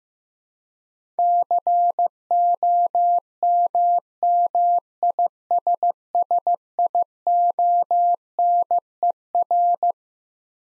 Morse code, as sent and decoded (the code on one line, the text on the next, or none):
-.-. --- -- -- .. ... ... .. --- -. . .-.
COMMISSIONER